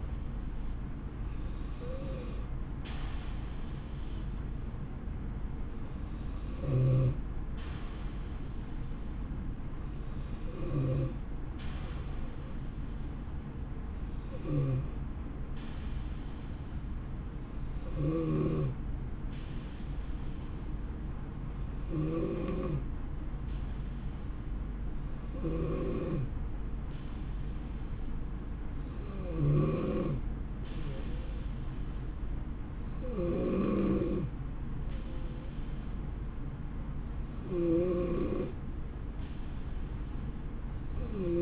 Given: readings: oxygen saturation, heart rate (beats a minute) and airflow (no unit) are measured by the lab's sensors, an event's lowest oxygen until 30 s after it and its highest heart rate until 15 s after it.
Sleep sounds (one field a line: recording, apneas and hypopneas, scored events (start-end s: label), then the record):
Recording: breathing in sleep by a smartphone at the bedside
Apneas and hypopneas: 1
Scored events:
5.00-31.90 s: hypopnea (N2, oxygen 93% highest, then 89% lowest, heart rate 68 at the start, 70 highest)
From the record:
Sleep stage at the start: N2 (light sleep)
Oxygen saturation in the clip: 90 to 93%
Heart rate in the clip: 62 to 70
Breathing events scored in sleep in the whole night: 160 in 9.3 hours asleep